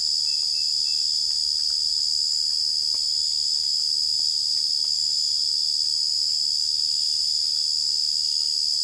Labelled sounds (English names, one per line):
none